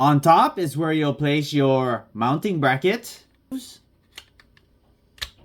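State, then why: Seated. Someone talks for the first three seconds, then a plastic mounting bracket is slid onto the top of a Neideso N300Pro dashcam body. Faint ticks at about 4.2, 4.4 and 4.6 seconds lead to a sharp snap at 5.2 seconds as the bracket locks into place.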